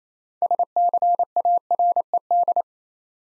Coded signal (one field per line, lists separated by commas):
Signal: Morse code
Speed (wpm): 28 wpm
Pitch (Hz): 700 Hz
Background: none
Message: SCARED